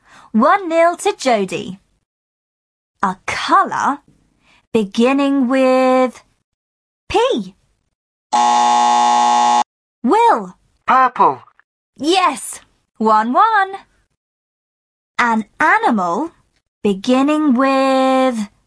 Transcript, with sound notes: One nil to Jodie. A colour beginning with ‘P’ (buzzer) Will.
Purple.
Yes. One one. An animal beginning with